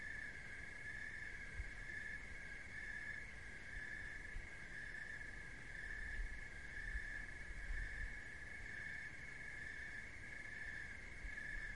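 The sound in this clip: Crickets trilling continuously in rhythmic pulses, with low rumbling noise underneath.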